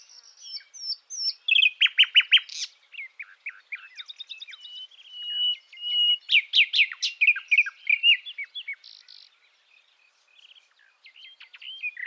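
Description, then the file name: Common nightingale song in bursts: rapid loud repeated notes, scattered chirps, a sustained whistle, another vigorous trill, then quieter scattered notes. "Luscinia megarhynchos"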